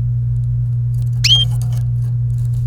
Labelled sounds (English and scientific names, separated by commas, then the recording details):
Domestic Canary (Serinus canaria) song
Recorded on 28 April 2018 at 07:25
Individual llb3